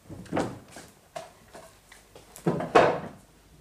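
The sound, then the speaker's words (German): Wooden knocks and scrapes as a chair is lifted down from a table in an inn in the morning, a few hollow thumps building to two louder clunks near the end, with no talking. “Die Stühle alle noch auf den Tischen. Das stört mich nicht. Ich nehme mir einen runter.”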